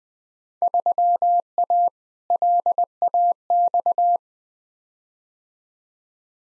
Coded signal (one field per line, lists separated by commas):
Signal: Morse code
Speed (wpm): 20 wpm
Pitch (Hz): 700 Hz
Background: none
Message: 3A LAX